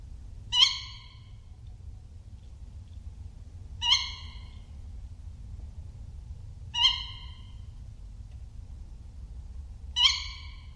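Tawny owl calls: four sharp, harsh, high calls repeated roughly every three seconds over a steady low rumble.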